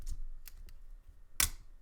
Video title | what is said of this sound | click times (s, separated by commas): Leatherman Free P2 FULL REVIEW! | you get a nice satisfying click | 1.4 s